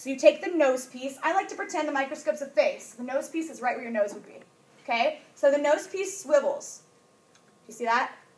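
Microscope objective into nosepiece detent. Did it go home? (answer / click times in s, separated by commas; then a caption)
no / none. A woman talks while handling the revolving nosepiece of a classroom microscope, about to swivel it so the objective lens clicks into its detent. Her speech fills most of the clip, with pauses, and a faint brief sound comes near 7.4 s. Nothing has seated or clicked into place yet.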